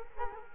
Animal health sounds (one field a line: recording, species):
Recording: mosquito wingbeat signal from an infrared sensor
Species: Culex quinquefasciatus